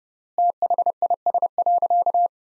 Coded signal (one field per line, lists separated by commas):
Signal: Morse code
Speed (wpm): 32 wpm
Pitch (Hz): 700 Hz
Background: none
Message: THIS.